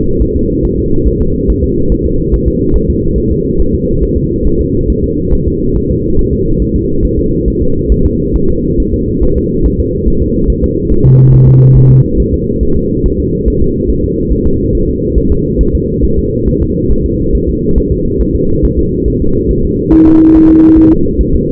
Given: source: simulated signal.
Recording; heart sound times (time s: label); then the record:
fetal heart sounds
0.22 s: S1
0.36 s: S2
0.65 s: S1
0.79 s: S2
1.08 s: S1
1.22 s: S2
1.50 s: S1
1.64 s: S2
1.92 s: S1
2.06 s: S2
2.34 s: S1
2.48 s: S2
2.76 s: S1
2.90 s: S2
3.18 s: S1
3.32 s: S2
3.60 s: S1
3.74 s: S2
4.03 s: S1
4.17 s: S2
4.47 s: S1
4.61 s: S2
4.90 s: S1
5.04 s: S2
5.33 s: S1
5.47 s: S2
5.76 s: S1
5.91 s: S2
6.19 s: S1
6.33 s: S2
6.62 s: S1
6.76 s: S2
7.05 s: S1
7.19 s: S2
7.48 s: S1
7.62 s: S2
7.92 s: S1
8.06 s: S2
8.36 s: S1
8.50 s: S2
8.80 s: S1
8.94 s: S2
9.23 s: S1
9.37 s: S2
9.66 s: S1
9.80 s: S2
10.08 s: S1
10.22 s: S2
10.50 s: S1
10.64 s: S2
10.92 s: S1
11.06 s: S2
11.34 s: S1
11.48 s: S2
11.77 s: S1
11.91 s: S2
12.20 s: S1
12.34 s: S2
12.63 s: S1
12.77 s: S2
13.06 s: S1
13.20 s: S2
13.48 s: S1
13.62 s: S2
13.90 s: S1
14.04 s: S2
14.32 s: S1
14.47 s: S2
14.75 s: S1
14.89 s: S2
15.18 s: S1
15.32 s: S2
15.61 s: S1
15.75 s: S2
16.04 s: S1
16.18 s: S2
16.48 s: S1
16.62 s: S2
16.91 s: S1
17.05 s: S2
17.35 s: S1
17.49 s: S2
17.78 s: S1
17.92 s: S2
18.21 s: S1
18.35 s: S2
18.65 s: S1
18.79 s: S2
19.08 s: S1
19.22 s: S2
19.51 s: S1
19.65 s: S2
19.94 s: S1
20.08 s: S2
20.36 s: S1
20.50 s: S2
20.78 s: S1
20.92 s: S2
21.21 s: S1
21.35 s: S2
From the record:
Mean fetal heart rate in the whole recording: 140 bpm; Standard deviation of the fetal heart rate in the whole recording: 2 bpm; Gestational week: 34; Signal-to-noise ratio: -16.4 dB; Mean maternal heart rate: 72 bpm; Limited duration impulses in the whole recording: present